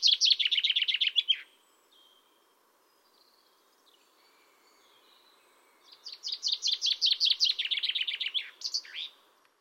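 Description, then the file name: Common chaffinch singing two songs: rapid descending trills of crisp notes, the second ending with a distinct closing flourish, a quiet gap between them. "Fringilla coelebs"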